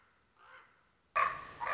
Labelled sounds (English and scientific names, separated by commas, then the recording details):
Common Raven (Corvus corax)
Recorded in Sonoma County, California